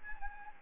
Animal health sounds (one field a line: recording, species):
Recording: mosquito wingbeat signal from an infrared sensor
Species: Anopheles gambiae